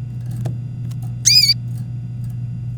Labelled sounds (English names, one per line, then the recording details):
Domestic Canary song
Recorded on 24 April 2018 at 18:27
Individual llb3